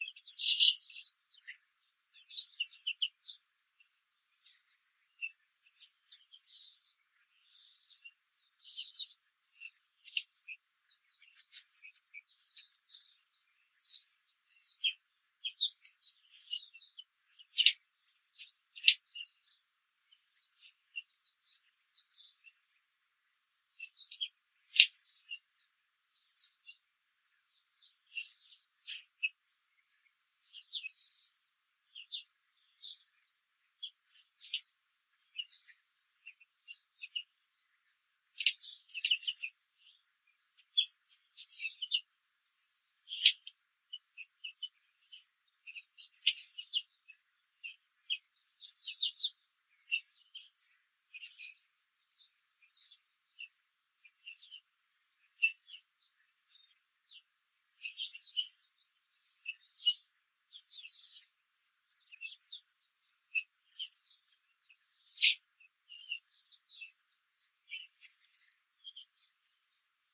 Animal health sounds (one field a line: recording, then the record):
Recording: young laying hens in a cage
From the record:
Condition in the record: control cage, after the stress test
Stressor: none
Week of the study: 4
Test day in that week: 1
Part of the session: 2